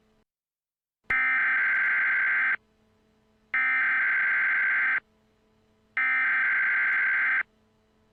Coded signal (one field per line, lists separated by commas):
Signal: Emergency Alert System (SAME) tones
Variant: header bursts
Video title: EAS Scenario #21: Creeper Invasion 2